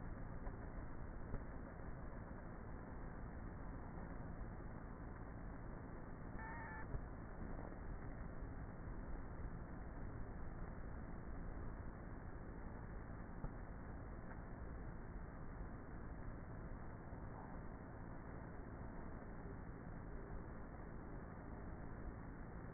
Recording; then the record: honeybee colony, microphone inside the hive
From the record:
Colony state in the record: queenless with a low population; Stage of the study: before two queens were removed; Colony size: about 30,000 bees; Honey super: no